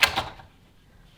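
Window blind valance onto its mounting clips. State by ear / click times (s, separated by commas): seated / 0.0 s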